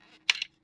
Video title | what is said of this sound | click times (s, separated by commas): Moon Studios MS-02 ICE LAND: SHOKY REVIEWS TRANSFORMERS | and you pop that loose and | 0.3 s